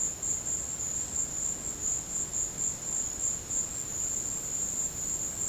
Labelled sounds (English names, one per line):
none